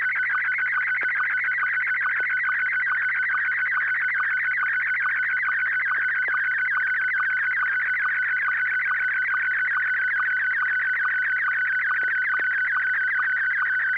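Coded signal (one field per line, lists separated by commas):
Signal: SSTV (slow-scan television)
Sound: continuous warbling tone with rapid regular chirps, steady and unbroken throughout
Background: low hum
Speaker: I do believe I have something I'm ready to send this is actually kind of detailed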